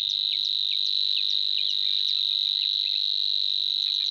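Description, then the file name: Savi's warbler giving a constant, dry, high reeling buzz throughout, with quick sharp chirps dotted over it. "Snor"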